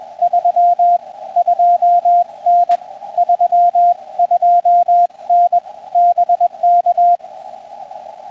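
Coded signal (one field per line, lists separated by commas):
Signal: Morse code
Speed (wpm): 21 wpm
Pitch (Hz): 700 Hz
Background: radio noise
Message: 32N 32N BK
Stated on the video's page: Parks on the Air activation with an FDX10, Palomar Bullet 71ft end-fed antenna and MFJ-16010 manual tuner.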